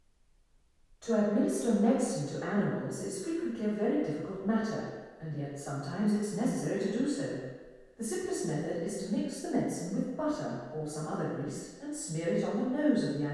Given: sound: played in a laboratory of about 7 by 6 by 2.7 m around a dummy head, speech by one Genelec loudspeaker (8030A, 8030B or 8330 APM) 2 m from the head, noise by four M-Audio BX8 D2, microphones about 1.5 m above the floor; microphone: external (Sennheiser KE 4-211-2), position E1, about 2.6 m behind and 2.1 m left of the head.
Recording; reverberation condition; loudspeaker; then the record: female speech in English; high; 150 degrees to the right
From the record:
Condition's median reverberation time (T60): about 1300 ms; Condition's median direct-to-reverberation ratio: about -4.0 dB